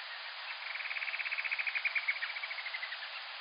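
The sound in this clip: Bird trill, a rapid series of pulsed notes that swells and then fades, lasting about three seconds, over band-limited hiss.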